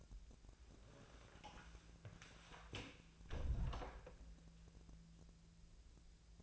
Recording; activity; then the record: daily activity, microphone in the room; close door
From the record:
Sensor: 2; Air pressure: 1000.3 hPa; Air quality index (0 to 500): 158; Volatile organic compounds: 3 ppm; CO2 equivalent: 1324 ppm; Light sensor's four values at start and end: 10/25/10/11 and 10/24/10/11